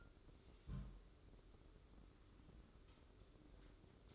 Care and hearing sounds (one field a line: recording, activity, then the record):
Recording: daily activity, microphone in the room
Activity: place on stove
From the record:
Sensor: 3